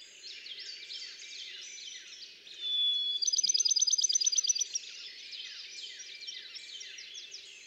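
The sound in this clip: Bachman's sparrow singing one clear sustained whistle followed by a rapid, even, high-pitched trill of many notes, with other birds chirping softly throughout.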